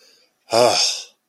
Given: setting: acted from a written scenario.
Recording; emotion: vocal sound without words; relief